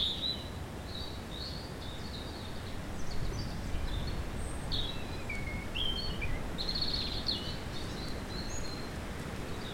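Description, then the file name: European robin delivering a steady run of high, warbling, varied phrases with occasional downward slurs, over constant low background noise. "Erithacus rubecula"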